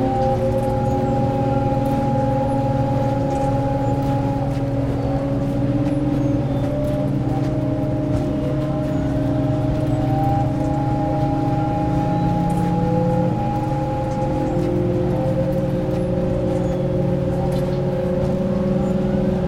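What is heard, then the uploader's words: Riding in the back of an overland truck, a heavy engine drones steadily throughout, with a low rumble and several sustained tones that shift slightly in pitch as the engine works. Faint rattles and clicks tick through the constant road noise. This piece has been created using a recording that I captured whilst transiting in the rear of an over-landing truck between Delhi and Kathmandu. The somewhat sonorous nature of the sticking gear box whist we climbed up the foothills towards Kathmandu is what I have incorporated and elaborated upon to create the piece.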